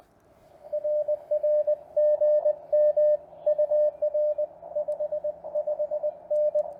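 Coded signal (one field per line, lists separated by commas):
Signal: Morse code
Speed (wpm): 19 wpm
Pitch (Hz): 600 Hz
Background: radio noise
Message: RR GM UR 55N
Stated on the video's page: Morse sent during a park activation from a TR45L Skinny radio with a Bamatech TP III key into an MC-750 vertical whip with four radials, mistakes included.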